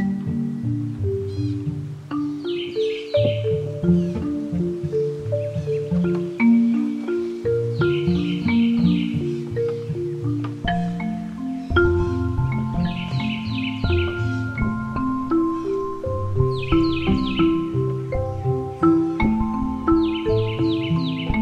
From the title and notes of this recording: Corkscrew Swamp Sanctuary, just outside of Naples Florida. This is the Lettuce Lakes area, the beating heart of the ancient bald cypress grove. The Corkscrew Swamp Sanctuary boardwalk leads visitors through a gentle and pristine wetland wilderness.